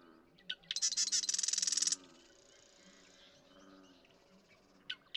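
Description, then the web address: Marsh Wren song: a single short, loud, machine-gun-like rattle preceded by a click, then quiet with faint low notes and a buzz. "birdsongforthecurious Marsh Wren"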